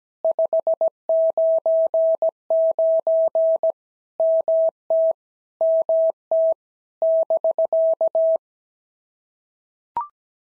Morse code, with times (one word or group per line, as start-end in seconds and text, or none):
0.2-3.7 599
4.2-5.1 MT
5.6-6.5 MT
7.0-8.4 <BK>